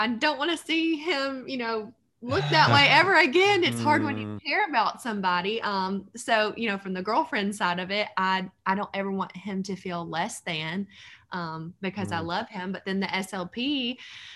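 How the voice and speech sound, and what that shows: A woman speaks fluently in a warm, natural voice at an easy pace, with ordinary fillers and pauses.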